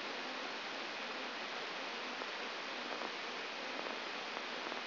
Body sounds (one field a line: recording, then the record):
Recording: brain microelectrode recording played as sound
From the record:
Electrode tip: outside the subthalamic nucleus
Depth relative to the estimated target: -4 mm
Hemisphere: right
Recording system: AlphaMap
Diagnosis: Parkinson's disease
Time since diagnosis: 10 years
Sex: female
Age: 63 years